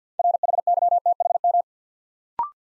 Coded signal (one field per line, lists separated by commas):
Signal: Morse code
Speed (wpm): 48 wpm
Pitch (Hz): 700 Hz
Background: none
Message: RHYTHM